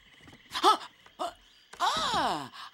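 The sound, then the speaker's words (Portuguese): A woman, the shaman Aunt Marina in Scooby-Doo, snores loudly in three rough, groaning bursts: two short snorts, then a long drawn-out snore whose throaty pitch slides downward. There is no talking. “Como ela ronca alto.”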